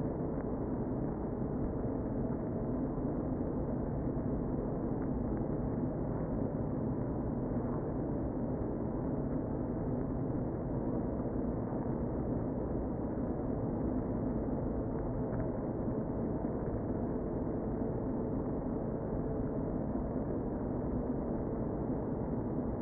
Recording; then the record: honeybee colony, microphone inside the hive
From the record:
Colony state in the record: queen present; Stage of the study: before two queens were removed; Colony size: about 60,000 bees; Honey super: yes